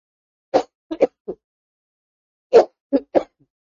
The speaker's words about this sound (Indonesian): Saya minta izin batuk dulu.